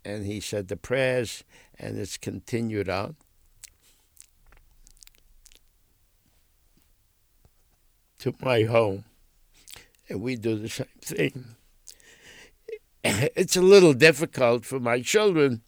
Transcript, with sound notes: And he said the prayers, and it's continued on to my home. And we do the same thing. ( he clears his throat ) It's a little difficult for my children